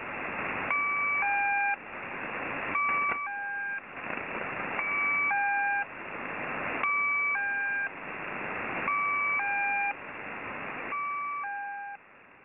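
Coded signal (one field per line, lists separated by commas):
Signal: channel marker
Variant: Squeaky Wheel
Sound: short two-tone chirp-like chord pairs repeating about every two seconds, six times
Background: radio static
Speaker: The tone has changed, and there has to be a reason why.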